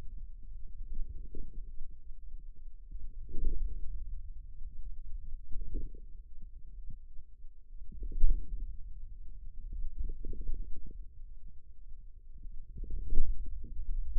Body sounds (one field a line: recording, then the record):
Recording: forearm muscle sounds (acoustic myography)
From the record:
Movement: hand closing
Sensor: system 2, bracelet of six BSWA MPA416 microphones around the upper forearm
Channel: 2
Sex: male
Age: 22 years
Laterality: right